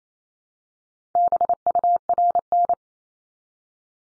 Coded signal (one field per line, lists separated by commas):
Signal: Morse code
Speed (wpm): 28 wpm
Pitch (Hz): 700 Hz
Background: none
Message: BURN